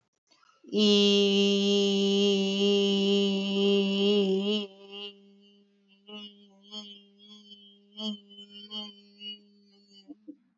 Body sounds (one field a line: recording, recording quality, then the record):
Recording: sustained vowel as in beet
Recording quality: excellent, no background noise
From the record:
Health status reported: recovered from COVID-19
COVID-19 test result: positive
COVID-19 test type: RT-PCR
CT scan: taken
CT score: 0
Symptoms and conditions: fatigue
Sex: female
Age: 55 years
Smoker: no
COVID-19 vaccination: both doses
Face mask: not worn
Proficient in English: yes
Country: India